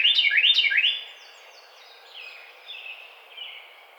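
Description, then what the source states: Carolina wren: three loud swept phrases, followed by fainter high whistled notes. Recorded on 5 May 2009.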